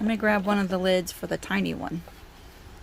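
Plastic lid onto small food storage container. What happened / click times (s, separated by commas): No seating click yet; the lid has not snapped on / none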